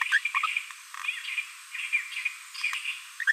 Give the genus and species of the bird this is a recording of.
Forpus passerinus